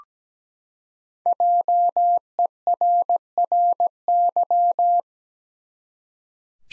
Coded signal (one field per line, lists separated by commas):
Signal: Morse code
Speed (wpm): 17 wpm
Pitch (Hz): 700 Hz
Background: none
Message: JERRY